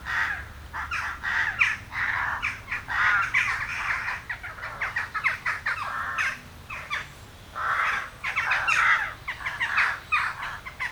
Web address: Effects 02-Birds, Insects Animals. Birds Crown Jackdaws